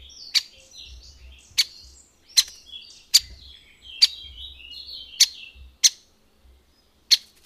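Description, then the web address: Great spotted woodpecker giving sharp, loud single 'kik' notes, about eight in irregular succession roughly every second, with soft twittering of other small birds behind. "agykontroll Madardalok Cd 2. Nagy fakopáncs"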